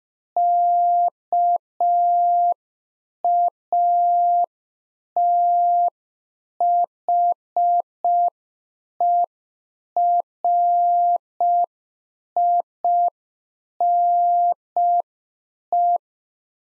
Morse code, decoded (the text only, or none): KATHERINE